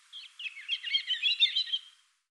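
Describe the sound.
European robin song: a quick, varied warbling phrase of high twittering notes lasting about two seconds, then silence.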